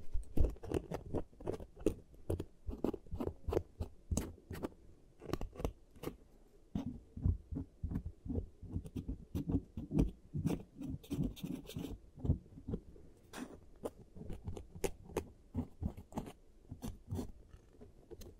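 Giant teeth treatment sounds: a steady run of quick, crisp taps and clicks with low, soft thuds beneath, dense and fairly regular throughout.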